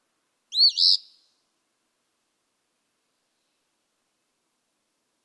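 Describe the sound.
Eastern phoebe, one burry two-part song phrase followed by several seconds of silence and the start of another phrase.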